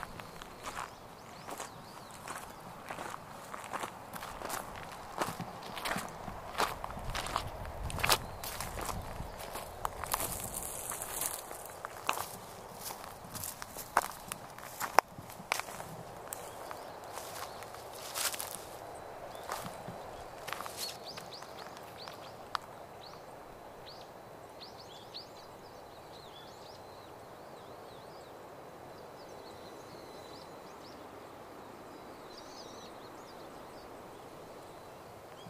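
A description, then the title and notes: Footsteps push through tall grass on a riverbank in the morning, a dense run of dry rustles and swishes for about the first twenty seconds. Then the walker stops, and a soft, steady outdoor hush remains, with faint bird calls. 草をかき分けて河川敷散策｜散歩気分｜鳥の声. 草をかき分けて朝の河川敷を歩きます。 たまに鳥の声を聴くために立ち止まります。 In the morning, I push through the grass and walk along the river. Sometimes I stop to listen to the birds.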